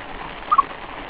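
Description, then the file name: Squirrel chirps: two short, quick notes in fast succession, standing out briefly above a steady hiss. "sonido ardilla"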